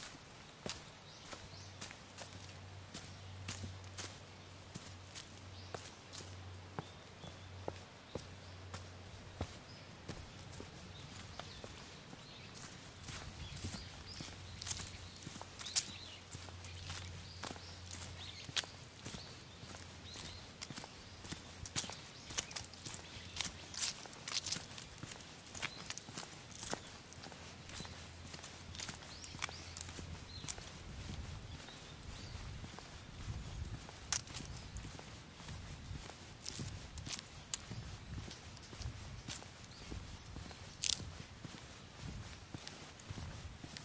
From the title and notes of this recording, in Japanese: 環境音 昨年の秋山。気温、天候、音、どれも心地よい。初めての秋の山でした。